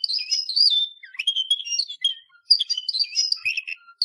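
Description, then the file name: Canary singing varied whistled phrases, sliding notes and short chirps, with brief gaps between bursts. "Canary Voice"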